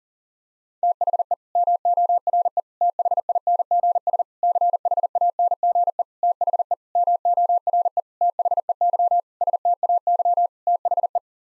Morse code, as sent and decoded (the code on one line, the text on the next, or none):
- .... . / -- --- .-. . / - .... .. -. --. ... / -.-. .... .- -. --. . / - .... . / -- --- .-. . / - .... . -.-- / ... - .- -.-- / - .... .
THE MORE THINGS CHANGE THE MORE THEY STAY THE